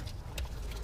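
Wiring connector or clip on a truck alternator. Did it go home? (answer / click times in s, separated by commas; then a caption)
yes / 0.4 s. While reinstalling the alternator on a 2000–2006 Toyota Tundra, a plug or clip, likely the wiring connector, is pushed back on. It snaps into place with a sharp click at 0.4 s over a low background rumble, followed by a softer tick at 0.8 s. The connector is seated.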